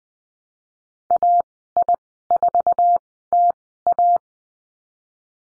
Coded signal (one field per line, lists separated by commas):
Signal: Morse code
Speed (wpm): 20 wpm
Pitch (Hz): 700 Hz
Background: none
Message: AI4TA